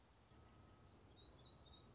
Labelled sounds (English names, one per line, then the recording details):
Black-throated Gray Warbler
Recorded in Sonoma County, California